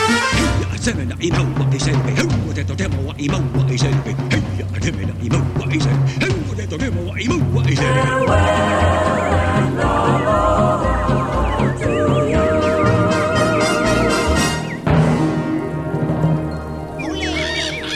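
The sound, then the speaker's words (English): A tiki war chant performed by tiki figures in a theme-park show: a group of voices chanting rhythmically over steady pounding drums played by the tikis, loud and dense, with a brief drop in energy near the end before the chant resumes. “Hear them do the chant.”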